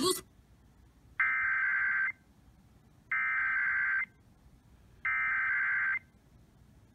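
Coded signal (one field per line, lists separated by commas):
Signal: Emergency Alert System (SAME) tones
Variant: header bursts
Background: speech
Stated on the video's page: Weekly EAS test on KLLI 93.9.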